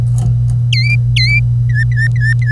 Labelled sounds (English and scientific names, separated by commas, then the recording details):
Domestic Canary (Serinus canaria) song
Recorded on 25 April 2018 at 08:49
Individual llb3